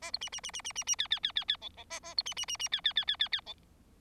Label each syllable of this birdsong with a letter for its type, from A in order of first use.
A B C C C C C C C D D D D D E E A A B C C C C D D D D D D E